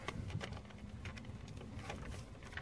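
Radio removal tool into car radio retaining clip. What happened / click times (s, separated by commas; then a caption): A tool is being worked into a slot and has not yet latched / none. A second radio removal tool is worked into the other side of the radio on a 1994–2000 Mustang, heading for the radio's retaining clip. Soft scraping and tapping fill the clip, with brief sharp ticks near 0.1 s and around 2.6 s. Nothing has clicked into the retaining clip yet.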